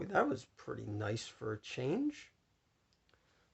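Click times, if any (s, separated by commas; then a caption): 3.1 s. Someone talks for the first couple of seconds, then after a quiet pause a plastic blaster accessory is pushed into the plastic left hand of a Star Wars The Black Series Mountain Trooper action figure (Target exclusive, Galaxy's Edge). Two small, faint clicks are heard at 3.1 s and 3.1 s as the blaster snaps right into the hand, seating easily.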